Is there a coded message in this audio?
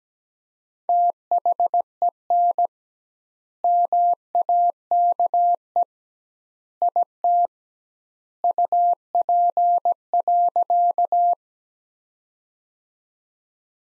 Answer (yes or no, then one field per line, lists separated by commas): yes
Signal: Morse code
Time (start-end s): 0.9-11.3 s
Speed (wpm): 17 wpm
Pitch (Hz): 700 Hz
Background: none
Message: THEN MAKE IT UP.